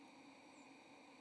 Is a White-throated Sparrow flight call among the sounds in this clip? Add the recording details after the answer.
no. Another species' flight call is heard. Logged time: 07:15 on 1 November 2014